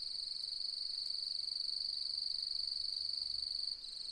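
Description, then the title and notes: Cricket song: a steady, high, shrill pulsing trill that runs without a break, dipping briefly near the end. Nocturnal cricket song beginning at dusk as light fades and the full moon rises, fluctuating; arid Mallee woodland, Mungo National Park, NSW, Australian outback; autumn, 4 May 2015. "Autumnal Dusk At Mungo National Park, NSW, Australia. As the light fades and the full moon rises.. the nocturnal cricket song begins and fluctuates. Recorded on the 4th of May, 2015 in the outback"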